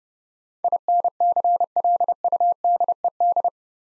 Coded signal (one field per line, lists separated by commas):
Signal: Morse code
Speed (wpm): 30 wpm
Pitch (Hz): 700 Hz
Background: none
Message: INCLUDED